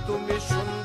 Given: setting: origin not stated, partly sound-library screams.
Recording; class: one-second piece from a danger detection set; normal situation